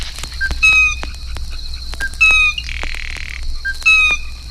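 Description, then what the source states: Blue Jay giving three loud calls, about every one and a half seconds, with a brief buzzy note between, over low hum and crackle. Notes vary from raucous screams to soft conversational chatter.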